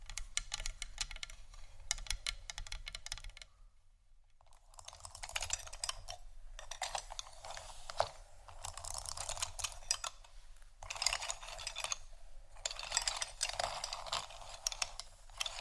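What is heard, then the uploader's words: Wooden ASMR triggers: rapid, crisp tapping and clicking on wood, coming in dense bursts with brief pauses, the longest near the four-second mark. The clicks are bright and quick, almost like typing, over a faint steady low hum. ASMR Wooden Triggers（No Talking）.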